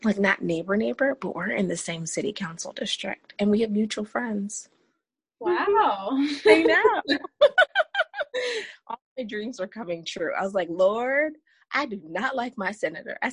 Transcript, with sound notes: Like not neighbor, neighbor but we’re in the same city council district and we have mutual friends.
Wow! (laughter)
All my dreams are coming true. I was like Lord, I do not like my senator.